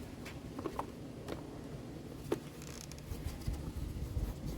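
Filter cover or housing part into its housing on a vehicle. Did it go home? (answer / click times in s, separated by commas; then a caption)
no / none. A filter cover or housing part is handled at its housing on a vehicle at the end of a filter job, after everything has been checked for tightness. Soft rustling and scraping carry light handling ticks at about 0.7, 0.8, 2.3, 2.8 and 2.9 seconds. Nothing has seated or snapped into place yet.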